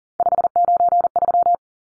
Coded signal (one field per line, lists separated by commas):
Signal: Morse code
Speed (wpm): 40 wpm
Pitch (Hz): 700 Hz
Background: none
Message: 593